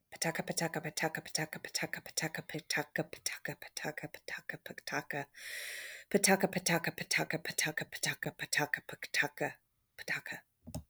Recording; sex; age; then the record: repeated syllables /pa ta ka/; female; 30 to 39 years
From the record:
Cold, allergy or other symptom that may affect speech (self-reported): no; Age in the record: 34 years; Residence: Ohio, United States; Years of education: 20